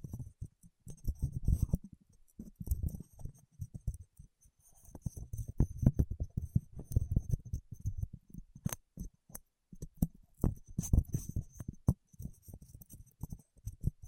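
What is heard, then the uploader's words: Fingertips work against wax in a dense run of soft, muffled rubs and dull taps, with sharper crisp clicks standing out every second or so. The activity comes in bursts, easing briefly around four and nine seconds, over a faint steady high hiss. ASMR with Wax Fingertips for Sleep (No Talking).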